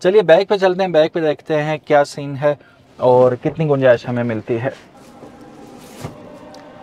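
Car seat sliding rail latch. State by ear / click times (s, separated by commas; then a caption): seated / 6.5 s. A man talks for about five seconds, then a quiet stretch of low rustling follows as a seat in a 2025 Kia Stonic EX Plus 1.4 is slid backwards on its rails. At 6.6 seconds a short sharp click sounds as the seat rail latch locks into position.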